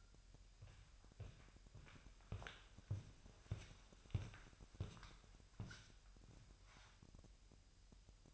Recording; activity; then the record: daily activity, microphone in the room; walk to room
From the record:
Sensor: 2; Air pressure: 1001.8 hPa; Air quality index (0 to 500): 246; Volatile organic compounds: 33 ppm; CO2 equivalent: 3026 ppm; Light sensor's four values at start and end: 8/18/7/8 and 7/17/7/7